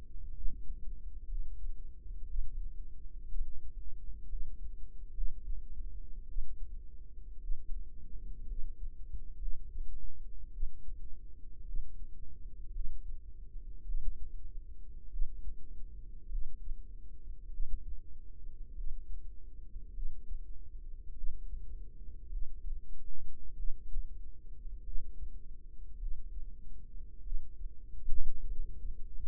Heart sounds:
heart sounds by microphone in the right ear; 53 bpm
0.35 s: heartbeat
1.29 s: heartbeat
2.28 s: heartbeat
3.30 s: heartbeat
4.30 s: heartbeat
5.14 s: heartbeat
6.27 s: heartbeat
7.40 s: heartbeat
8.47 s: heartbeat
9.39 s: heartbeat
10.52 s: heartbeat
11.66 s: heartbeat
12.73 s: heartbeat
13.86 s: heartbeat
15.10 s: heartbeat
16.29 s: heartbeat
17.51 s: heartbeat
18.75 s: heartbeat
19.94 s: heartbeat
21.15 s: heartbeat
22.30 s: heartbeat
23.56 s: heartbeat
24.84 s: heartbeat
25.99 s: heartbeat
27.23 s: heartbeat
28.48 s: heartbeat
From the record:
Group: healthy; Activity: rest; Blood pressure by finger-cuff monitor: 105/60 mmHg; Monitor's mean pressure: 75 mmHg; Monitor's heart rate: 54 bpm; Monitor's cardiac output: 5.4 L/min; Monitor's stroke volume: 94 mL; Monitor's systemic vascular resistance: 1010 dyn s/cm5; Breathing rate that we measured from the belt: 17 breaths a minute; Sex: female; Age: 28 years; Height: 170 cm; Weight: 77 kg

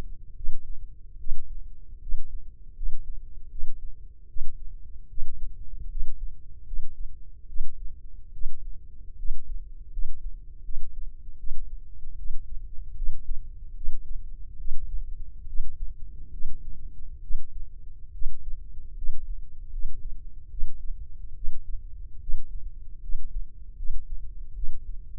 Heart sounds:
heart sounds by microphone in the left ear; 74 bpm
0.35 s: heartbeat
1.18 s: heartbeat
2.00 s: heartbeat
2.75 s: heartbeat
3.49 s: heartbeat
4.27 s: heartbeat
5.08 s: heartbeat
5.89 s: heartbeat
6.65 s: heartbeat
7.47 s: heartbeat
8.32 s: heartbeat
9.17 s: heartbeat
9.91 s: heartbeat
10.63 s: heartbeat
11.37 s: heartbeat
12.16 s: heartbeat
12.95 s: heartbeat
13.75 s: heartbeat
14.57 s: heartbeat
15.47 s: heartbeat
16.31 s: heartbeat
17.21 s: heartbeat
18.12 s: heartbeat
18.95 s: heartbeat
19.71 s: heartbeat
20.49 s: heartbeat
21.35 s: heartbeat
22.20 s: heartbeat
23.01 s: heartbeat
23.76 s: heartbeat
24.54 s: heartbeat
From the record:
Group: healthy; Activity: rest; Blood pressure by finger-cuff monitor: 161/96 mmHg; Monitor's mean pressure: 113 mmHg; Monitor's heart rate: 76 bpm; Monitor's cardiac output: 6.3 L/min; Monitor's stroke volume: 84 mL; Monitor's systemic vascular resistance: 1320 dyn s/cm5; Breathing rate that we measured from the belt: 17 breaths a minute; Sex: male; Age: 21 years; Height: 180 cm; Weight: 67.5 kg

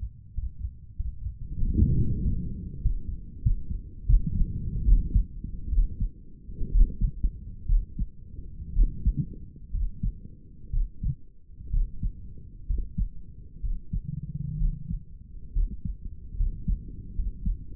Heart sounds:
heart sounds by stethoscope; 71 bpm
0.33 s: heartbeat
0.95 s: heartbeat
1.57 s: heartbeat
2.20 s: heartbeat
2.82 s: heartbeat
3.43 s: heartbeat
4.06 s: heartbeat
4.85 s: heartbeat
5.70 s: heartbeat
6.70 s: heartbeat
7.67 s: heartbeat
8.73 s: heartbeat
9.71 s: heartbeat
10.71 s: heartbeat
11.71 s: heartbeat
12.67 s: heartbeat
13.61 s: heartbeat
14.58 s: heartbeat
15.53 s: heartbeat
16.37 s: heartbeat
17.15 s: heartbeat
From the record:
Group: healthy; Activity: Valsalva maneuver 0-3 s, rest 3-18 s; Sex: male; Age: 35 years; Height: 180 cm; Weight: 86.9 kg

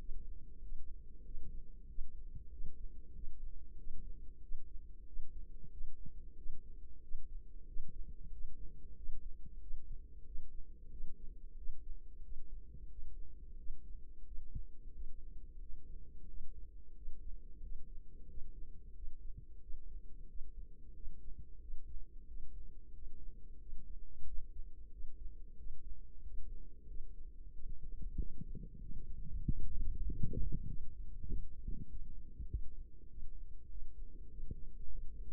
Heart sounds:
heart sounds by microphone in the right ear; 93 bpm
0.60 s: heartbeat
1.23 s: heartbeat
1.86 s: heartbeat
2.49 s: heartbeat
3.12 s: heartbeat
3.75 s: heartbeat
4.39 s: heartbeat
5.04 s: heartbeat
5.69 s: heartbeat
6.34 s: heartbeat
6.99 s: heartbeat
7.64 s: heartbeat
8.28 s: heartbeat
8.94 s: heartbeat
9.58 s: heartbeat
10.23 s: heartbeat
10.88 s: heartbeat
11.54 s: heartbeat
12.20 s: heartbeat
12.86 s: heartbeat
13.54 s: heartbeat
14.22 s: heartbeat
14.90 s: heartbeat
15.57 s: heartbeat
16.25 s: heartbeat
16.92 s: heartbeat
17.59 s: heartbeat
18.25 s: heartbeat
18.92 s: heartbeat
19.58 s: heartbeat
20.25 s: heartbeat
20.91 s: heartbeat
21.57 s: heartbeat
22.24 s: heartbeat
22.90 s: heartbeat
23.56 s: heartbeat
24.22 s: heartbeat
24.88 s: heartbeat
25.54 s: heartbeat
26.19 s: heartbeat
26.84 s: heartbeat
27.49 s: heartbeat
28.13 s: heartbeat
28.77 s: heartbeat
29.40 s: heartbeat
30.02 s: heartbeat
30.63 s: heartbeat
31.24 s: heartbeat
31.85 s: heartbeat
32.45 s: heartbeat
33.05 s: heartbeat
33.66 s: heartbeat
34.27 s: heartbeat
34.87 s: heartbeat
From the record:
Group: healthy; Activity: rest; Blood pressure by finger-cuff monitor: 111/69 mmHg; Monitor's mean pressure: 84 mmHg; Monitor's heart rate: 92 bpm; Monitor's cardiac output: 7.4 L/min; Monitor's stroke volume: 79 mL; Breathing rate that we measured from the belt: 24 breaths a minute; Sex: female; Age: 32 years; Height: 172 cm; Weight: 71.7 kg

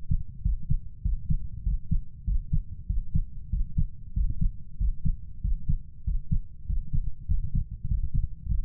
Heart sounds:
heart sounds by stethoscope; 97 bpm
0.44 s: heartbeat
1.04 s: heartbeat
1.65 s: heartbeat
2.27 s: heartbeat
2.89 s: heartbeat
3.52 s: heartbeat
4.16 s: heartbeat
4.80 s: heartbeat
5.43 s: heartbeat
6.06 s: heartbeat
6.68 s: heartbeat
7.30 s: heartbeat
7.90 s: heartbeat
8.50 s: heartbeat
From the record:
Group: healthy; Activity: Valsalva maneuver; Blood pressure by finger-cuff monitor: 158/97 mmHg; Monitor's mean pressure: 113 mmHg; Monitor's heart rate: 96 bpm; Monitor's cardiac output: 7 L/min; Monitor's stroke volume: 71 mL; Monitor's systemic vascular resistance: 1200 dyn s/cm5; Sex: male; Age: 21 years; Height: 175 cm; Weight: 72.6 kg

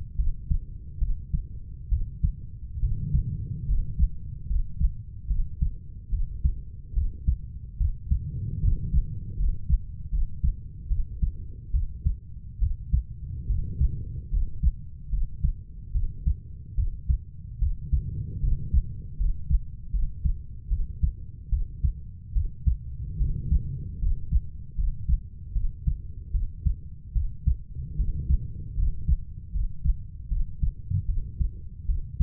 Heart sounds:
heart sounds by stethoscope; 74 bpm
0.17 s: heartbeat
0.99 s: heartbeat
1.90 s: heartbeat
2.81 s: heartbeat
3.67 s: heartbeat
4.48 s: heartbeat
5.28 s: heartbeat
6.11 s: heartbeat
6.94 s: heartbeat
7.78 s: heartbeat
8.61 s: heartbeat
9.37 s: heartbeat
10.11 s: heartbeat
10.88 s: heartbeat
11.72 s: heartbeat
12.59 s: heartbeat
13.47 s: heartbeat
14.31 s: heartbeat
15.10 s: heartbeat
15.92 s: heartbeat
16.76 s: heartbeat
17.59 s: heartbeat
18.41 s: heartbeat
19.18 s: heartbeat
19.91 s: heartbeat
20.69 s: heartbeat
21.50 s: heartbeat
22.33 s: heartbeat
23.18 s: heartbeat
24.00 s: heartbeat
24.76 s: heartbeat
25.53 s: heartbeat
26.32 s: heartbeat
27.13 s: heartbeat
27.97 s: heartbeat
28.76 s: heartbeat
29.52 s: heartbeat
30.29 s: heartbeat
31.06 s: heartbeat
31.86 s: heartbeat
From the record:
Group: healthy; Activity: rest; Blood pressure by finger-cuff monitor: 123/45 mmHg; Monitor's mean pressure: 70 mmHg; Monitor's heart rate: 73 bpm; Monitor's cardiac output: 9.7 L/min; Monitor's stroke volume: 132 mL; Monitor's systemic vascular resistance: 530 dyn s/cm5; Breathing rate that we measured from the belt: 12 breaths a minute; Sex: female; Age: 32 years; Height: 168 cm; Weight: 61.9 kg

